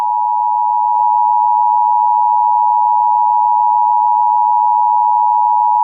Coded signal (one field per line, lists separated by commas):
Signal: Emergency Alert System (SAME) tones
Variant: 853 and 960 Hz attention tone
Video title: EAS Scenario #10: The Ice Queen (inspired by Akame Ga Kill)